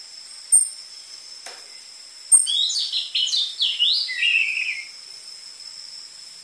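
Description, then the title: Orange-headed thrush giving one quick phrase of tumbling whistled and chattering notes, then quiet with a steady high insect-like tone. Lure recording of an actively singing bird with dense filler song material, used for tutoring spotted-morph caged orange-headed thrushes. "PANCINGAN Anis Merah Gacor Materi Isian Rapat Cocok Untuk MASTERAN Anis Merah TROTOL"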